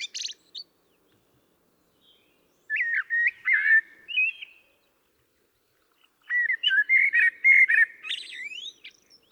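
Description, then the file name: Common blackbird song: two separate bursts of fluty, looping warbles, each ending in higher scratchy twitters, with silence between. "Turdus merula"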